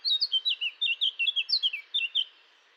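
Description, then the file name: Eurasian blackcap singing a quick run of many high, bright warbled notes, chirpy and tumbling, then falling silent. "Fauvette-à-tête-noire"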